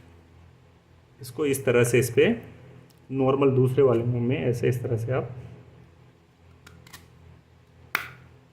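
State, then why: Seated. A plastic clip or cover on a washing machine drain assembly is pressed into position while someone talks. After a few faint ticks around 6.7–6.9 s, it gives one sharp snap at 8.0 s and locks into place.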